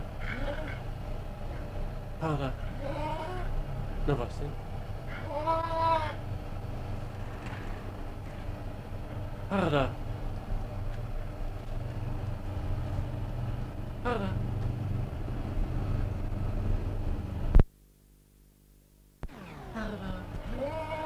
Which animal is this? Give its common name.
Clouded Leopard